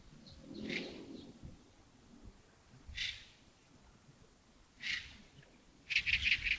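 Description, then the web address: Bird calls, single rough notes about two seconds apart, ending in a fast burst of rapid chattering notes. Early morning at Yagongding, 28 December 2025, around 07:40. "2025-12-28 亚公顶清晨 251228 074040 birds"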